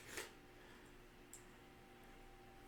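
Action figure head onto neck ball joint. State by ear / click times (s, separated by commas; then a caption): not seated / none. A swap head for a Hasbro Marvel Legends action figure is handled and pressed toward the plastic ball joint at the figure's neck, with a burst of rustling handling noise around 0.2 s and a brief sharp tick near 1.3 s over a steady low hum. Nothing has seated or snapped into place yet.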